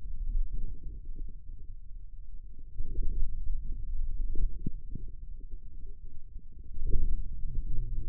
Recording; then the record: forearm muscle sounds (acoustic myography)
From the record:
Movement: finger pinch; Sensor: system 2, bracelet of six BSWA MPA416 microphones around the upper forearm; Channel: 6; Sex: male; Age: 22 years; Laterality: right